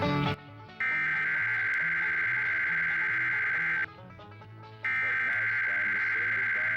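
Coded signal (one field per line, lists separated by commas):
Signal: Emergency Alert System (SAME) tones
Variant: header bursts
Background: speech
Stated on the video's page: Required Weekly EAS Test aired on MeTV subchannel WBIR 10-2.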